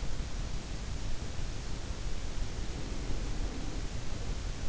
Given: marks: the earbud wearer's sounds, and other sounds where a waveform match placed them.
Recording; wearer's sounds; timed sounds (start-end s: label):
sounds in sleep by an in-ear microphone; breath
2.56-3.93 s: breath